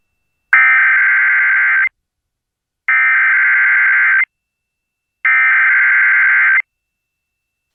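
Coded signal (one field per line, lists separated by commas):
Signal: Emergency Alert System (SAME) tones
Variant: header bursts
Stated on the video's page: EAS alerts, mostly flash flood warnings, in North Carolina.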